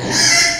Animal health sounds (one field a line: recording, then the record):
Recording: squeal of a Yucatan mini pig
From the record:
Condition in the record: before surgery on the right vocal fold (resection and tissue-engineered implant)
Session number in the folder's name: 2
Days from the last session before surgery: 0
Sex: male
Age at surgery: 12 weeks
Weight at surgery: 13 kg